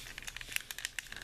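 The tail of a plastic transforming dinosaur-robot toy, a Transformers G1 Grimlock, is taken down and pushed onto its peg in the toy body. A series of short, crinkly plastic clicks and taps sound through the clip, and the sharpest click comes at 1.0 s as the tail pegs into place and seats.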